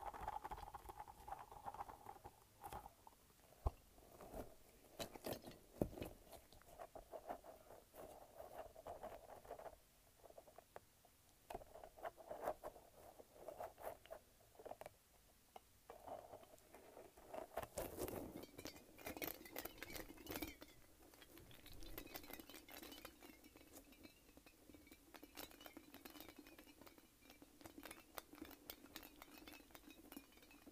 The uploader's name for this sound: Squishing and Shaking a Light-Up Ball